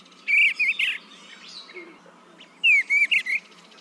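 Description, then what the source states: Bluebird song: two soft warbled phrases of short slurred notes, each under a second long, separated by a quieter gap with faint chatter. Bluebird perched on a utility wire watching below before pouncing on a bug while hunting insects.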